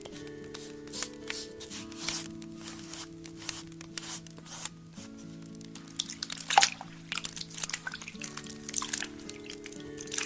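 Soap and water squish and drip in quick wet bursts, over a steady low tone that shifts pitch every few seconds.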